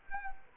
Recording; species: mosquito wingbeat signal from an infrared sensor; Culex quinquefasciatus